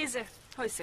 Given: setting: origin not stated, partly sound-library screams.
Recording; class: one-second piece from a danger detection set; normal situation